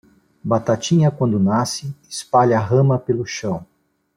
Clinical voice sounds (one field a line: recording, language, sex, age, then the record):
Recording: short text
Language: Brazilian Portuguese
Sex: male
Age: 50 to 59 years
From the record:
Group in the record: control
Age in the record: 59 years